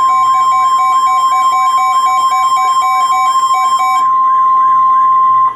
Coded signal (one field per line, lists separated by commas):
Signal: Emergency Alert System (SAME) tones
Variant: 1050 Hz attention tone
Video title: Overnight FLW Mania... EAS Alerts from 4/30 - 5/1/23 (EAS 9761-9774)